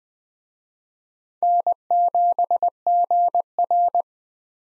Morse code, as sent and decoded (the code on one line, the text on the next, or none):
-. --... --. .-.
N7GR